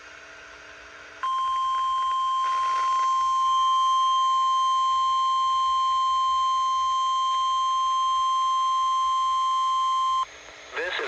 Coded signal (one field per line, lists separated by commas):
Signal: Emergency Alert System (SAME) tones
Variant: 1050 Hz attention tone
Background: speech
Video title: EAS #78 - Required Monthly Test